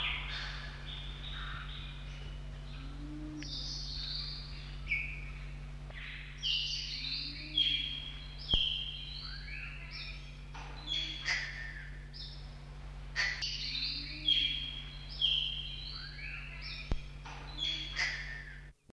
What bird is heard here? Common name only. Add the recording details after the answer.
Brush Bronzewing. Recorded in captivity. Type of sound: call. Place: Zoo London, GB. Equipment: Halbspur, 9,5 cm/s. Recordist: Lütgens, Hans. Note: Rufe